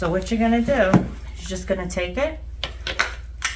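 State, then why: Seated. A home care nurse inserts a plastic drainage canister into a wound vacuum therapy pump unit while someone talks over a low steady hum. After brief handling knocks around 2.6 s, the canister snaps into place with a sharp click at 3.0 s, followed by a softer knock near 3.5 s, and it is seated.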